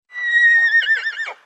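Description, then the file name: Horse whinny, a single high tonal neigh held steady, then breaking into a quavering, descending tremolo at the end. "caballo"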